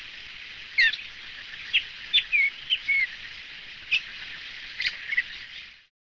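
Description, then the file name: Dusky thrush calls: short, thin whistled notes, some dropping in pitch, given singly and in quick pairs over a steady hiss. "tsugumi"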